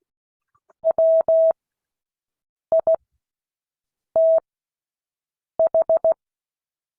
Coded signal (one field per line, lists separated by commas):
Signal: Morse code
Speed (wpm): 16 wpm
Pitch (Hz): 650 Hz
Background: none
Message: WITH